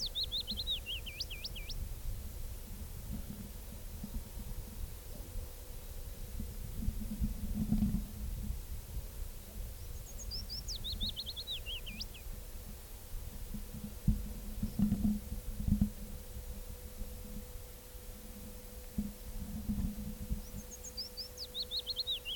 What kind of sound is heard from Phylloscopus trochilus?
song